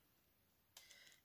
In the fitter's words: mirar ahí hace un click